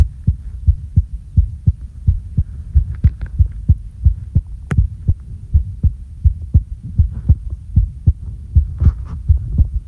Heartbeat normal a little fast.